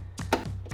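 A torque wrench set to about 7 ft-lb tightens a steel rocker cover bolt into an aluminium cylinder head. A very soft click is heard at 0.3 s, with a few faint knocks around it and a low steady hum underneath. The wrench has clicked at its low setting.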